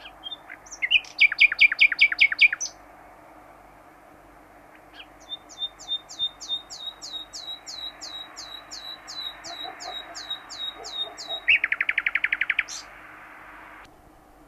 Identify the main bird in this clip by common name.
Common Nightingale